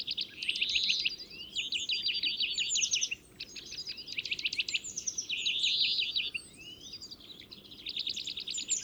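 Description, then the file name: European greenfinch song: a continuous run of rapid rattling trills mixed with twittering notes and a few rising wheezy buzzes, with only one brief pause just past three seconds. "Chloris chloris"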